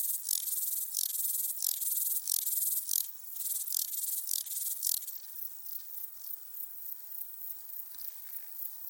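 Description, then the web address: Rattle grasshopper stridulation: short hissing rasps of high buzzy noise repeated at an uneven pace of roughly one and a half per second. Écrins National Park. "ecrins-parcnational criquetjacasseur"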